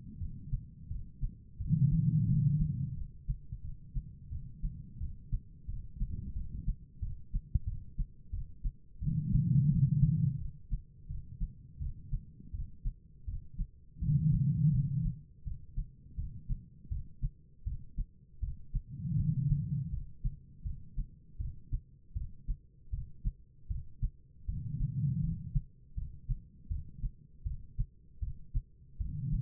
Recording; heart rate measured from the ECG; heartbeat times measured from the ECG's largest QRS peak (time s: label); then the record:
heart sounds by stethoscope; 83 bpm
0.19 s: heartbeat
0.89 s: heartbeat
1.58 s: heartbeat
2.27 s: heartbeat
2.95 s: heartbeat
3.62 s: heartbeat
4.30 s: heartbeat
4.99 s: heartbeat
5.67 s: heartbeat
6.34 s: heartbeat
7.00 s: heartbeat
7.65 s: heartbeat
8.31 s: heartbeat
9.00 s: heartbeat
9.69 s: heartbeat
10.39 s: heartbeat
11.08 s: heartbeat
11.79 s: heartbeat
12.52 s: heartbeat
13.26 s: heartbeat
14.00 s: heartbeat
14.72 s: heartbeat
15.44 s: heartbeat
16.16 s: heartbeat
16.89 s: heartbeat
17.64 s: heartbeat
18.40 s: heartbeat
19.17 s: heartbeat
19.91 s: heartbeat
20.63 s: heartbeat
21.38 s: heartbeat
22.14 s: heartbeat
22.91 s: heartbeat
23.68 s: heartbeat
24.46 s: heartbeat
25.21 s: heartbeat
25.95 s: heartbeat
26.68 s: heartbeat
27.44 s: heartbeat
28.20 s: heartbeat
28.98 s: heartbeat
From the record:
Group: healthy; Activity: rest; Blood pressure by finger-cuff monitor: 138/94 mmHg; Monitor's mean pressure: 111 mmHg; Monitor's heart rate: 82 bpm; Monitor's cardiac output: 4.9 L/min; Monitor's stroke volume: 59 mL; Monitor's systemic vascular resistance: 1700 dyn s/cm5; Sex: female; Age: 51 years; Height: 162 cm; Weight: 70.04 kg